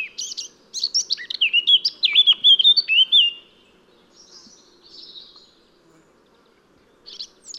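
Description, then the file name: Eurasian blackcap singing a brisk twittering warble that turns into rich, flute-like whistled phrases, followed by soft notes and the start of another strophe. "Sylvia atricapilla"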